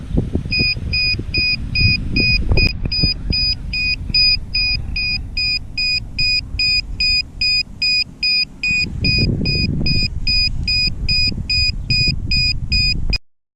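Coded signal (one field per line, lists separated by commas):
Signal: none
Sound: drone controller warning beeps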